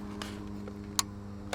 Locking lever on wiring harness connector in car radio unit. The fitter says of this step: And then just go and push on the locking. Push it down until you hear a click